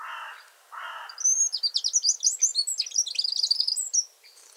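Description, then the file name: Eurasian wren song, a fast, loud, high-pitched run of rattling trills and squeaky notes lasting about three seconds, preceded by two short low harsh buzzes. "Troglodytes troglodytes"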